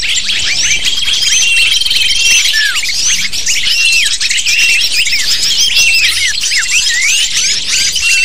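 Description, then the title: Continuous lovebird chatter, sharp rising and falling squeaks from many birds overlapping in a busy chorus. Lure recording (pikat) used to attract lovebirds. "PIKAT BURUNG LOVEBIRD"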